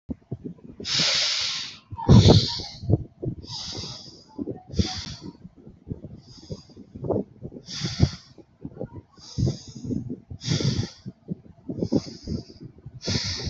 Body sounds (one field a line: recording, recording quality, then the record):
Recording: shallow breathing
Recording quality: excellent, no background noise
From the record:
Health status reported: healthy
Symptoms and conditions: none ticked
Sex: male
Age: 24 years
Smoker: not ticked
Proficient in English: yes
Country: India